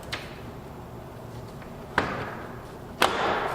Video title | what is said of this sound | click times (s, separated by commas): How to do a Dodge Ram 1500 LED Headlight conversion (Low-beam) Projector style | once those are lined up give it a push on each side snap | 2.0 s, 3.0 s